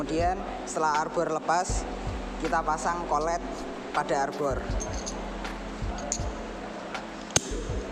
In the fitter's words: sampai-sampai ada suara klik berarti kolaps dah terpasang kemudian